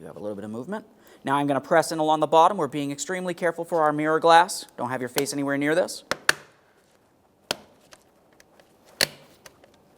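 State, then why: Seated. Someone talks while pressing the plastic mirror glass backing plate in along the bottom of a 2008-2017 Mitsubishi Lancer side mirror housing, carefully, to protect the mirror glass. Sharp clicks at 6.3, 7.5 and 9.0 seconds mark the locking tabs snapping home into the housing, with fainter ticks in between. The mirror glass is seated.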